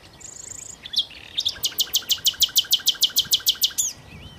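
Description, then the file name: Common nightingale song: a thin high whistle, a few sharp notes, then a fast, even series of many loud repeated strokes. "Nachtigall"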